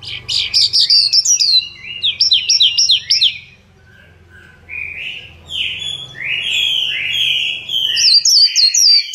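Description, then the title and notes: Bird song in bursts of high, chirping, descending notes, a short lull near four seconds, then sweeping slurred phrases, with faint low hum underneath. Birdsong for training pet birds. "Suara Burung. Suara Kicauan Burung untuk memaster burung kesayangan"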